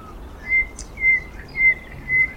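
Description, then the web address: Thrush nightingale song phrase of four pure, level whistles, evenly spaced about every half second, over quiet background hiss. Song recorded in May 2026. "geluiden noordse nachtegaal zang mei 2026"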